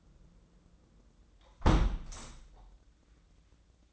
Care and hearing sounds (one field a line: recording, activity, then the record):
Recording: daily activity, microphone in the room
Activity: close window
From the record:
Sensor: 3